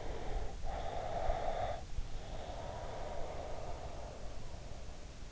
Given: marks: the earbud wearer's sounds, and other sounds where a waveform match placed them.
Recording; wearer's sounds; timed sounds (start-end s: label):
sounds in sleep by an in-ear microphone; breath
0.63-4.42 s: breath